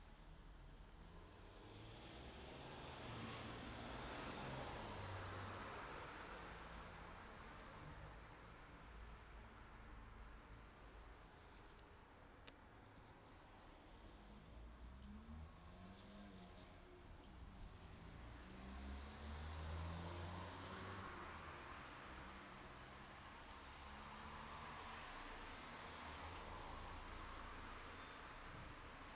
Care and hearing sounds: everyday scene through a hearing-aid microphone; in traffic; traffic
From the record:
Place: city secondary road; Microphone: in the ear canal, right

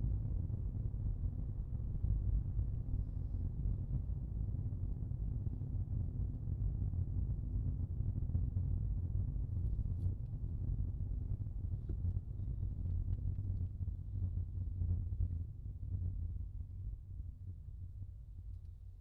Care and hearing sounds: everyday scene through a hearing-aid microphone; in a vehicle; engine, rumble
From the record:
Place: Skoda Fabia, gasoline engine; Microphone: in the ear canal, left

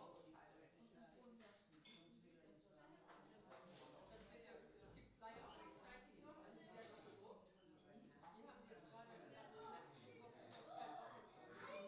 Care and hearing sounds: everyday scene through a hearing-aid microphone; many people talking; many voices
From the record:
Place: parish hall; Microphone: in the ear canal, left

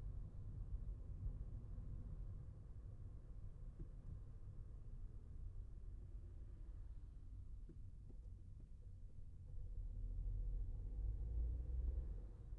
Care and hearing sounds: everyday scene through a hearing-aid microphone; in a vehicle; engine, traffic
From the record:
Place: Skoda Fabia, gasoline engine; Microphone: behind the ear, left, rear

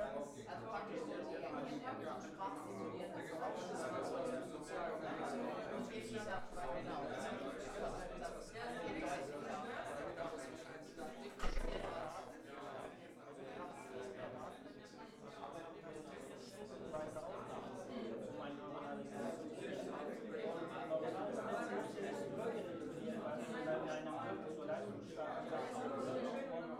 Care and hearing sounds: everyday scene through a hearing-aid microphone; many people talking; many voices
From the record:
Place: bistro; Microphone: behind the ear, left, front

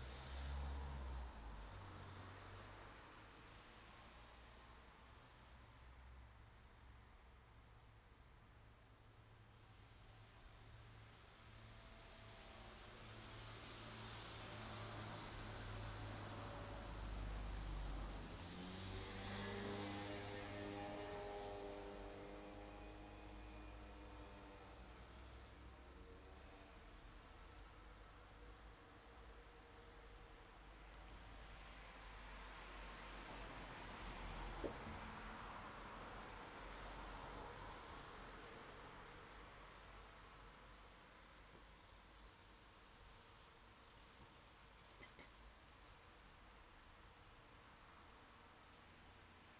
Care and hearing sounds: everyday scene through a hearing-aid microphone; in traffic; traffic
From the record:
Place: city secondary road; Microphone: in the ear canal, left

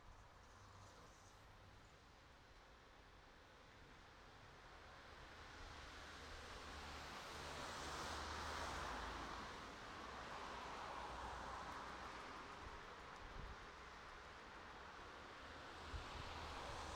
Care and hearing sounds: everyday scene through a hearing-aid microphone; in traffic; traffic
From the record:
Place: city secondary road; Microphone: in the ear canal, right

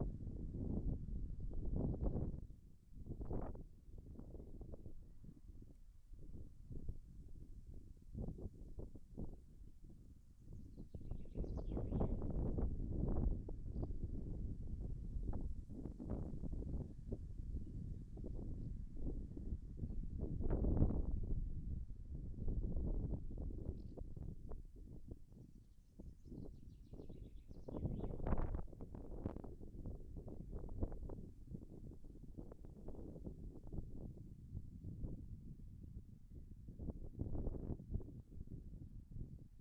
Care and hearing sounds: everyday scene through a hearing-aid microphone; wind on the microphone; wind, birds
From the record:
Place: in front of a rural house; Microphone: behind the ear, left, front

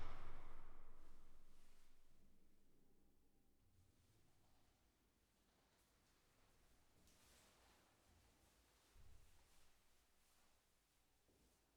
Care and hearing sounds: everyday scene through a hearing-aid microphone; reverberant space; background noise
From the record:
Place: staircase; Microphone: behind the ear, left, front

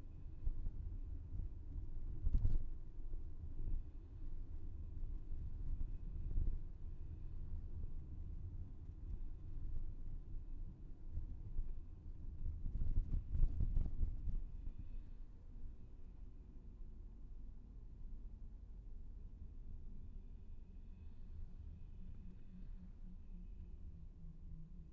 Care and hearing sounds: everyday scene through a hearing-aid microphone; in a vehicle; engine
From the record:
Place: VW T5 Caravelle, diesel engine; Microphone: behind the ear, left, front

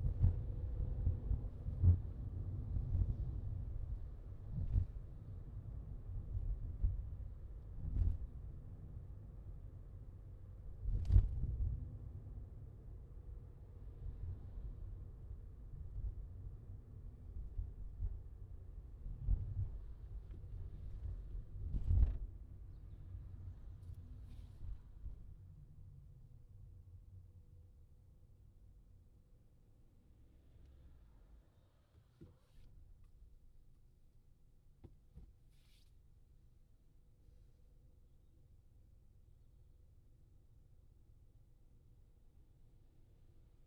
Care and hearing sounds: everyday scene through a hearing-aid microphone; in a vehicle; engine, highway traffic jam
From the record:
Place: Skoda Fabia, gasoline engine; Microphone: in the ear canal, left

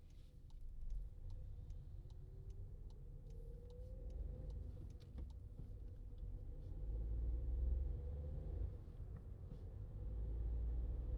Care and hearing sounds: everyday scene through a hearing-aid microphone; in a vehicle; engine, highway driving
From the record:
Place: Skoda Fabia, gasoline engine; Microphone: in the ear canal, left

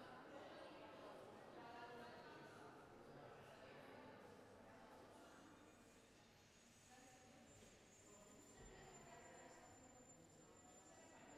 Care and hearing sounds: everyday scene through a hearing-aid microphone; reverberant space; background noise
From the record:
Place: railway station hall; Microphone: behind the ear, left, front

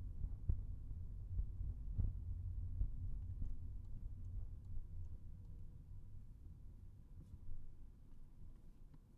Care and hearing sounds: everyday scene through a hearing-aid microphone; in a vehicle; engine, rumble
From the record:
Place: Skoda Fabia, gasoline engine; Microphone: behind the ear, right, rear

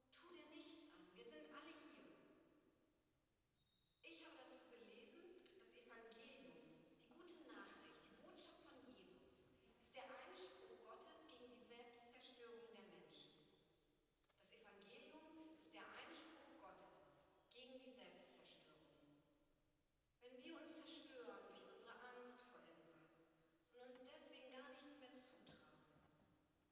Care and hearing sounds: everyday scene through a hearing-aid microphone; reverberant space; speech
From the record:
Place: church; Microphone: in the ear canal, right

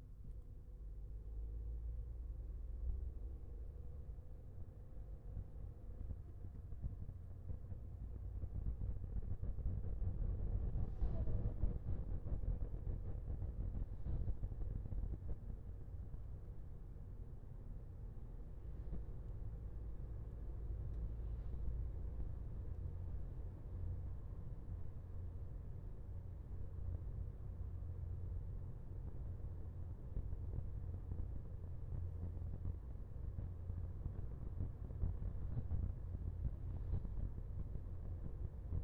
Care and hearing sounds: everyday scene through a hearing-aid microphone; in a vehicle; engine, highway driving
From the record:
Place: Skoda Fabia, gasoline engine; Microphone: behind the ear, left, front

